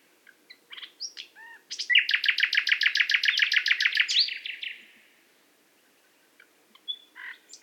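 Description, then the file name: Common nightingale song: a few scattered chirps lead into a loud, fast run of repeated notes that fades away, then soft notes after a pause. "Luscinia megarhynchos"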